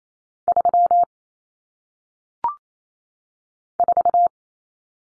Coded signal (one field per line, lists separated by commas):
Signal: Morse code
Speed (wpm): 28 wpm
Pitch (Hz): 700 Hz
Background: none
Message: 3 4